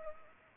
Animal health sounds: mosquito wingbeat signal from an infrared sensor; Culex pipiens

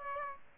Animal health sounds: mosquito wingbeat signal from an infrared sensor; Aedes aegypti

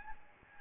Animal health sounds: mosquito wingbeat signal from an infrared sensor; Aedes albopictus

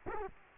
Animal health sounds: mosquito wingbeat signal from an infrared sensor; Culex quinquefasciatus

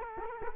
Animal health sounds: mosquito wingbeat signal from an infrared sensor; Culex quinquefasciatus

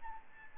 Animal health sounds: mosquito wingbeat signal from an infrared sensor; Aedes albopictus

